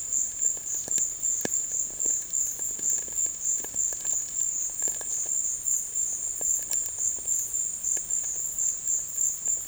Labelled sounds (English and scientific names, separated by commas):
none